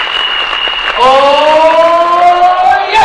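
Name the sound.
audience applause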